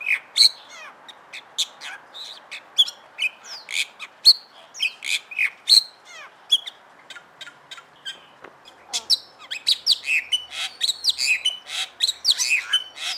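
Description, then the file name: Bali myna chattering with sharp chirps, grating squawks and slurred whistles in a rapid stream, becoming busier and denser toward the end. "suara jalak bali"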